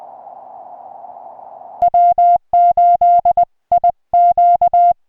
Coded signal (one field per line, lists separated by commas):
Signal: Morse code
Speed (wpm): 20 wpm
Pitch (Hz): 700 Hz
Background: music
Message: W8IQ